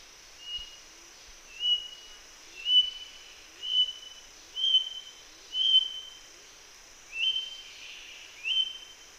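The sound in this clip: Moluccan King Parrot giving a series of eight high, flat whistled calls roughly once a second, the later notes rising at the start, against a constant background hiss.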